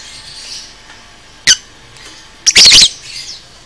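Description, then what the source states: Lovebird calls: a single thin squeak, then a loud harsh shrill burst, over faint high twittering. Lovebird 'paud' masteran song, meant for training caged birds.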